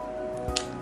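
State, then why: Seated. A 35 mm film canister is dropped into the film chamber of a Yashica Electro 35 rangefinder camera and pressed down until it locks, and the rewind fork drops into place. A low thud is heard at about 0.5 s, followed by a short, sharp click at 0.6 s as the canister seats, over steady background tones.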